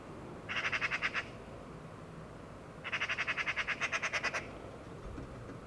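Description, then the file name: Eurasian magpie chattering, two fast harsh rattles, the second longer with many clipped notes, separated by a short pause. "Pica pica"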